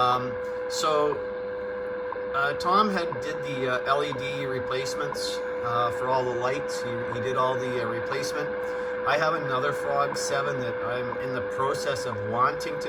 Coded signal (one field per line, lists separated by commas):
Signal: radio time signal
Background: speech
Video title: Yaesu FRG-7 on 15 megs WWV on loop antenna in room Oct 4 2023